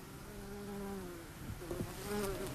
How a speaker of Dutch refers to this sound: Het is zeker een wesp. Je zit hier op de berenklauw, op die witte schermbloem. Beetje zijdelings afgeplat, zwart-geel wespje. Echt heel mooi. De vleugels gevouwen.